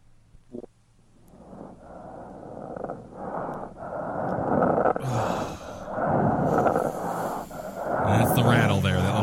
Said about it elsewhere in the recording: Sometimes crackles are produced by the accumulation of secretions in the airway. When the secretions are profuse, the crackles can be heard over the mouth as well as over the chest wall, a sign known to ancient physicians as the death rattle. You will now hear a death rattle in a dying patient over the mouth. That's the rattle there, that little snaky.